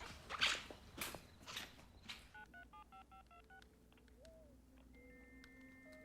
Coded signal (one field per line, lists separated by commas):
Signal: DTMF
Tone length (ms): 110 ms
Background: music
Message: 9375526